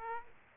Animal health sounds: mosquito wingbeat signal from an infrared sensor; Aedes aegypti

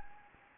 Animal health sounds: mosquito wingbeat signal from an infrared sensor; Anopheles gambiae

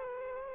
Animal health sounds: mosquito wingbeat signal from an infrared sensor; Culex quinquefasciatus

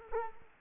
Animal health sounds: mosquito wingbeat signal from an infrared sensor; Culex quinquefasciatus

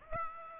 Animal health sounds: mosquito wingbeat signal from an infrared sensor; Aedes aegypti

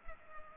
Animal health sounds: mosquito wingbeat signal from an infrared sensor; Culex pipiens

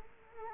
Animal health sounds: mosquito wingbeat signal from an infrared sensor; Culex quinquefasciatus

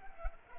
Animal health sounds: mosquito wingbeat signal from an infrared sensor; Culex pipiens

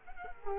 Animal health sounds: mosquito wingbeat signal from an infrared sensor; Culex quinquefasciatus

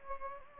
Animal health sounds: mosquito wingbeat signal from an infrared sensor; Anopheles gambiae

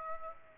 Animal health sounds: mosquito wingbeat signal from an infrared sensor; Aedes aegypti

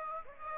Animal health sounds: mosquito wingbeat signal from an infrared sensor; Aedes aegypti

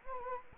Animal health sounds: mosquito wingbeat signal from an infrared sensor; Anopheles gambiae

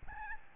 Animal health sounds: mosquito wingbeat signal from an infrared sensor; Aedes albopictus

